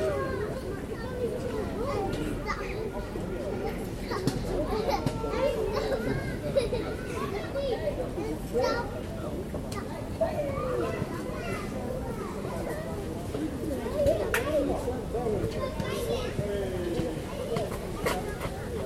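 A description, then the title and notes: A busy playground with a dense, constant wash of children's voices chattering and calling out over one another. Level stays steady throughout, with occasional brighter shouts and sharp clicks or knocks poking through near 9 and 14 seconds. General atmosphere at the playground on the Fahrenheitstraat in The Hague. Playground Fahrenheitstraat.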